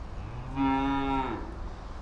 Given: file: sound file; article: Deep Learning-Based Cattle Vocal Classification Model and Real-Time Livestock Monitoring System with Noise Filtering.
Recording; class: cattle; normal call